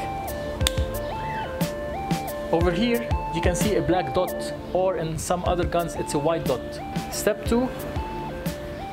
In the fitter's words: remove the safety and I'm going to push forward on the safety pin until I hear a click